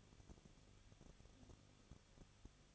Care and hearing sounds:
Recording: daily activity, microphone in the room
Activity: no activity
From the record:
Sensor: 4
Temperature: 23.0 degrees Celsius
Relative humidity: 34.2%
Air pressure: 1007.4 hPa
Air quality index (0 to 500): 212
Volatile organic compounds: 14 ppm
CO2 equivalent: 2437 ppm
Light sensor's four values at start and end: 2/3/1/1 and 2/3/1/1

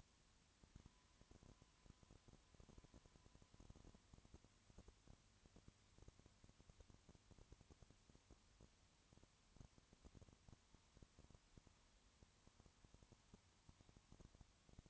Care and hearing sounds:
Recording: daily activity, microphone in the room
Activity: no activity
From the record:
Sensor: 3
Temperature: 20.5 degrees Celsius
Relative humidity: 34.6%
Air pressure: 1001.0 hPa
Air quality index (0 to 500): 195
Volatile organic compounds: 6 ppm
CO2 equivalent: 1853 ppm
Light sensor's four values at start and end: 2/3/2/2 and 2/3/2/2

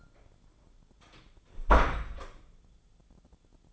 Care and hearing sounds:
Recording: daily activity, microphone in the room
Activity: close door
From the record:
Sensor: 5

